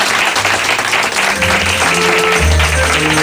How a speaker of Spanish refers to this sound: y para que os oigan aquellos que están al otro lado de la radio, aquellos que nos están siguiendo, a esos cientos de miles de personas que nos siguen cada madrugada de sábado, vuestro aplauso, vuestro saludo para todos ellos.